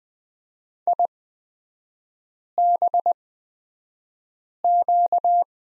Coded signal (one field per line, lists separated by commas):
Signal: Morse code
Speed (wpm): 20 wpm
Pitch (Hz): 700 Hz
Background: none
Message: IBQ